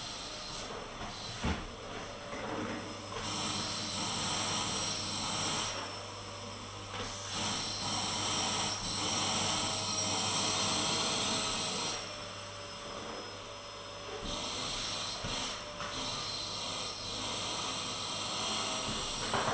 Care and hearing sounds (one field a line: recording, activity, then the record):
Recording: daily activity, microphone in the room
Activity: vacuum cleaning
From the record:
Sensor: 4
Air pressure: 996.0 hPa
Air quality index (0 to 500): 47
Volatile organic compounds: 1 ppm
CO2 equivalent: 751 ppm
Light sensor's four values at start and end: 17/46/17/18 and 18/47/18/19